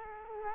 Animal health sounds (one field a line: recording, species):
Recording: mosquito wingbeat signal from an infrared sensor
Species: Culex quinquefasciatus